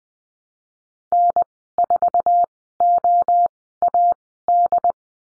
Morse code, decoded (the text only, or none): N4OAD